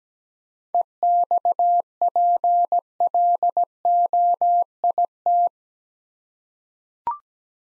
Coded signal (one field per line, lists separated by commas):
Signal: Morse code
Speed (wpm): 17 wpm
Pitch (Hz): 700 Hz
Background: none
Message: EXPLOIT